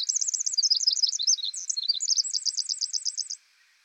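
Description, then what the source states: Pacific wren song, a rapid, high tinkling run of sharp trilled notes and warbles, bright and continuous for over three seconds before stopping abruptly. Very loud, lively and incessantly vocal, with unique vocalizations.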